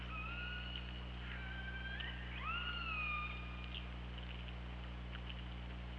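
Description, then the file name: Killer whale calls: drawn-out tonal cries with stacked harmonics, one sliding upward then holding level, over steady low hydrophone hum and water hiss. Recorded by hydrophone at OrcaLab on 24 August 2017 at 08:04. "Orca Lab UTLN JASON 20170824 080429"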